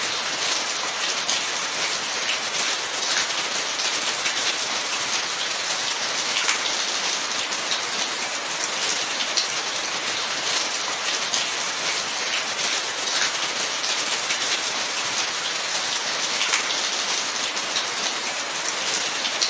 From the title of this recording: Tiled house eaves rain curtain